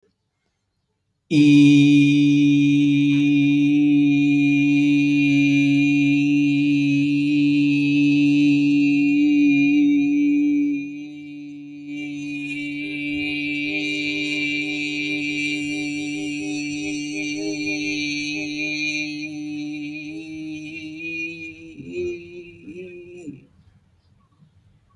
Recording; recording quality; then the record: sustained vowel as in beet; excellent, no background noise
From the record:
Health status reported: healthy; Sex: male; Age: 33 years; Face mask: not worn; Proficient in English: yes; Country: India